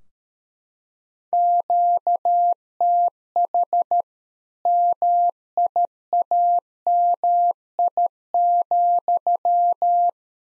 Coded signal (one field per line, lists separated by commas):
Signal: Morse code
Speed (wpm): 13 wpm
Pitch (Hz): 700 Hz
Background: none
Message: QTH MIAMI,